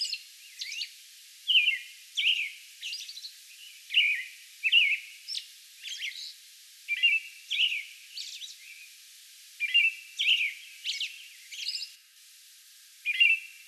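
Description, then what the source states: American robin delivering a caroling song of short whistled phrases interspersed with high squeaky notes. Song bout recorded on May 11.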